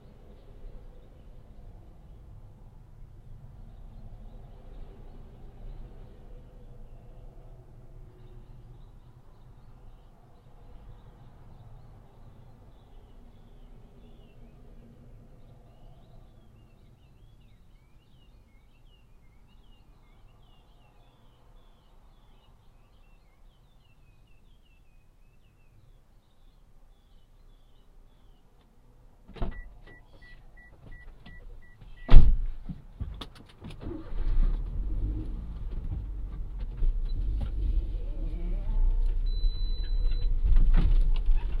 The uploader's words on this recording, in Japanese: 環境音 直売所へ店出し。直売所へクルマで向かう。クルマの運転時間長め。